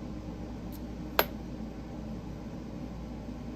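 An internal part is pressed back into the body of a dual-side-click titanium click pen, against a steady low background hum, with a faint tick near 0.7 seconds. A single sharp, bright click at 1.2 seconds marks the part seating home. It is still slightly loose but much better, since it was not seated properly at the factory.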